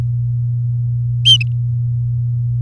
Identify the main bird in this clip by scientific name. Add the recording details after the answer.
Serinus canaria. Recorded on 4 May 2018 at 08:36. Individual llb16